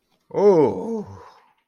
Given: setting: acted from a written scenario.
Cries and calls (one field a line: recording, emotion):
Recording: vocal sound without words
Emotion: negative surprise